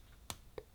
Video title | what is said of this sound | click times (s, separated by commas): How to FULLY CLEAN Shaver Heads on Philips Series 7000 S7370 - Beginners guide | just like that till it locks into place then you need to do the same on the other two as well so take that out like so | 0.3 s